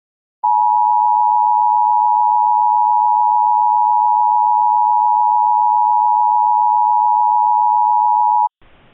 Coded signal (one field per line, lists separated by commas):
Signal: Emergency Alert System (SAME) tones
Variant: 853 and 960 Hz attention tone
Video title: EAS Reenactment Mock: 2019 Webb County Tornado Warning